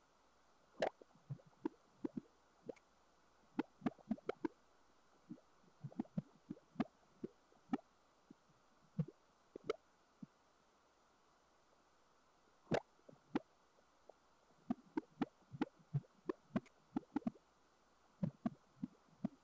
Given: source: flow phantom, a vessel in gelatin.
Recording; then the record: Doppler ultrasound of air bubbles in flowing water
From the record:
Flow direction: away from the transducer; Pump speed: 150 rpm (540 mL/min); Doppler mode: pulsed wave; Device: 7 MHz transducer